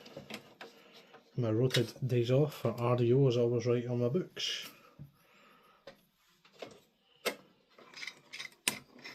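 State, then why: Released. A plastic CPU cooler push pin is worked free from its motherboard mounting hole while a donated PC is being cleaned. Someone talks, then there are small scrapes and taps as the pin is worked, and a sharp click at 8.7 s marks the pin releasing.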